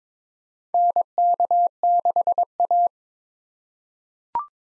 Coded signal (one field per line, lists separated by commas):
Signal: Morse code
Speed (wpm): 22 wpm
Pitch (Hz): 700 Hz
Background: none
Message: NK6A